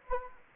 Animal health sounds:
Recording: mosquito wingbeat signal from an infrared sensor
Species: Anopheles gambiae

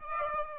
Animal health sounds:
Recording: mosquito wingbeat signal from an infrared sensor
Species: Aedes aegypti

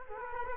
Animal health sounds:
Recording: mosquito wingbeat signal from an infrared sensor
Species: Culex quinquefasciatus

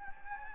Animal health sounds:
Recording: mosquito wingbeat signal from an infrared sensor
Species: Anopheles gambiae

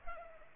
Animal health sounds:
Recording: mosquito wingbeat signal from an infrared sensor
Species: Culex pipiens

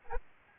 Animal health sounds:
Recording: mosquito wingbeat signal from an infrared sensor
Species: Anopheles arabiensis

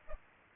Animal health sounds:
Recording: mosquito wingbeat signal from an infrared sensor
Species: Aedes aegypti

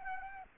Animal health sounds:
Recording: mosquito wingbeat signal from an infrared sensor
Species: Anopheles arabiensis

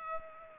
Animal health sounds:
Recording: mosquito wingbeat signal from an infrared sensor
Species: Culex pipiens

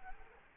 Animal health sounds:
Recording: mosquito wingbeat signal from an infrared sensor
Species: Culex quinquefasciatus

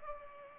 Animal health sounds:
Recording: mosquito wingbeat signal from an infrared sensor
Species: Culex pipiens

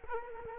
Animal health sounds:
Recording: mosquito wingbeat signal from an infrared sensor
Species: Culex quinquefasciatus

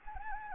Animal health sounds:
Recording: mosquito wingbeat signal from an infrared sensor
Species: Anopheles gambiae

